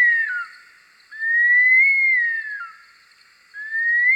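Bush stone-curlew giving a few long, mournful whistles; the full one rises slowly, then drops away in a slurred fall.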